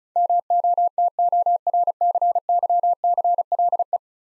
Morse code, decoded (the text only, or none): MOTORCYCLE